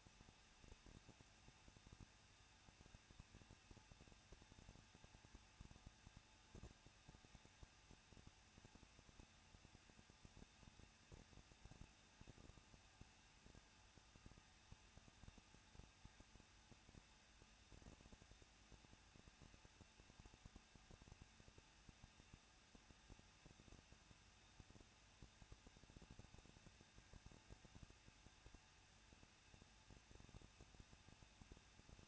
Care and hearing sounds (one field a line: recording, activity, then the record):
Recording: daily activity, microphone in the room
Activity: no activity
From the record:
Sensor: 2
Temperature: 21.0 degrees Celsius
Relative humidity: 37.3%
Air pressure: 1006.2 hPa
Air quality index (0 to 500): 221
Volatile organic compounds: 23 ppm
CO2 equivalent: 2796 ppm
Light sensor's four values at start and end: 2/3/2/2 and 2/3/2/2